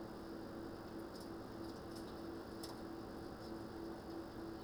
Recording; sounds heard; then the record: poultry house recording; no chicken sound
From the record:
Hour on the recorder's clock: 21